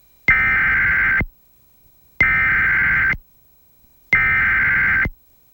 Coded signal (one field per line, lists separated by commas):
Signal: Emergency Alert System (SAME) tones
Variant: header bursts